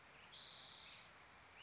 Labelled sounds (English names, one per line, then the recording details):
Spotted Towhee
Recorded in Sonoma County, California